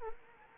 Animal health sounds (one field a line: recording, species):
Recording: mosquito wingbeat signal from an infrared sensor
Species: Anopheles arabiensis